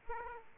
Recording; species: mosquito wingbeat signal from an infrared sensor; Aedes aegypti